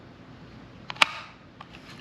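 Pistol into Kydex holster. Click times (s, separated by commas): 1.0 s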